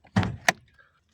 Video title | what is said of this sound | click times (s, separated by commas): How To Open Mercedes E 320 BONNET / HOOD (NOT BROKEN) | Jolly good positive click. | 0.5 s